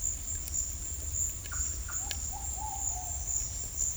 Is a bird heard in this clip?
yes